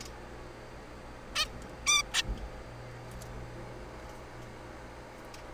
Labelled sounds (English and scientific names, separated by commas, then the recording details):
Zebra Finch (Taeniopygia guttata)
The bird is a juvenile
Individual R3428